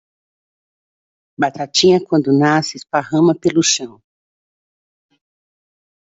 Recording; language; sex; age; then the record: short text; Brazilian Portuguese; female; 60 to 69 years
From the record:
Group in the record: control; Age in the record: 61 years